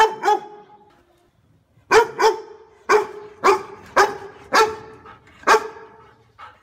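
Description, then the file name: Dog barking, two barks, a short lull, then a steady run of loud barks, ending with a faint bark. "Tieng cho sua"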